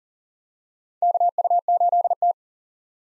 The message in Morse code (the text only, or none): KU8T